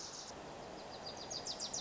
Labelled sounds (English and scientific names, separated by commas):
Wilson's Warbler (Cardellina pusilla)